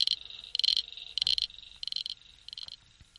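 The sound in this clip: Frog calls, bright trilled pulses in repeated bursts separated by short gaps.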